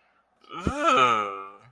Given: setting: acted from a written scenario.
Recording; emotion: vocal sound without words; disgust